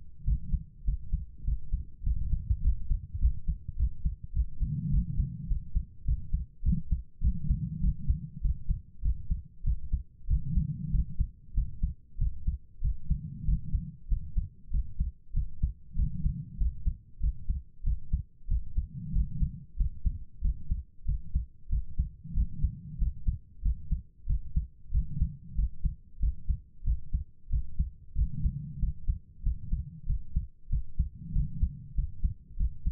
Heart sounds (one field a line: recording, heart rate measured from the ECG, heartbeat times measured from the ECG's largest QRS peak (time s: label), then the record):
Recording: heart sounds by stethoscope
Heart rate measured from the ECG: 97 bpm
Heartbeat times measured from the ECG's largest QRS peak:
0.23 s: heartbeat
0.83 s: heartbeat
1.43 s: heartbeat
2.02 s: heartbeat
2.60 s: heartbeat
3.18 s: heartbeat
3.75 s: heartbeat
4.32 s: heartbeat
4.89 s: heartbeat
5.46 s: heartbeat
6.04 s: heartbeat
6.62 s: heartbeat
7.20 s: heartbeat
7.79 s: heartbeat
8.40 s: heartbeat
9.01 s: heartbeat
9.62 s: heartbeat
10.26 s: heartbeat
10.90 s: heartbeat
11.53 s: heartbeat
12.17 s: heartbeat
12.80 s: heartbeat
13.44 s: heartbeat
14.07 s: heartbeat
14.69 s: heartbeat
15.32 s: heartbeat
15.94 s: heartbeat
16.56 s: heartbeat
17.19 s: heartbeat
17.82 s: heartbeat
18.46 s: heartbeat
19.11 s: heartbeat
19.75 s: heartbeat
20.40 s: heartbeat
21.04 s: heartbeat
21.68 s: heartbeat
22.33 s: heartbeat
22.97 s: heartbeat
23.61 s: heartbeat
24.25 s: heartbeat
24.90 s: heartbeat
25.54 s: heartbeat
26.18 s: heartbeat
26.83 s: heartbeat
27.48 s: heartbeat
28.14 s: heartbeat
28.78 s: heartbeat
29.42 s: heartbeat
30.05 s: heartbeat
30.68 s: heartbeat
31.31 s: heartbeat
31.93 s: heartbeat
32.56 s: heartbeat
From the record:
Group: healthy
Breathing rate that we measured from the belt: 21 breaths a minute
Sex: female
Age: 32 years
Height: 172 cm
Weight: 71.7 kg